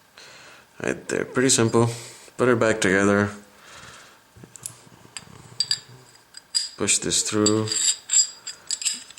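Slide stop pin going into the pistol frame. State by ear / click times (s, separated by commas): seated / 8.7 s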